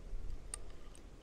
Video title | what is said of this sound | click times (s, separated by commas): platyball after Two Years of Use - Landscape Photography | um there that locks into place squeezes those together squeezes the plates | 0.5 s